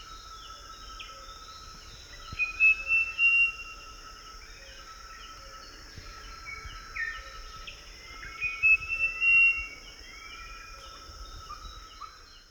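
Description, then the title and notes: Western Nicator gives two bursts of rich whistled phrases, about six seconds apart, with rising and falling slurs. A constant insect hum and high buzzing run throughout. Western Nicator in forest. "Find me in the forest!. Louis Boon Western Nicator(Nicator chloris)"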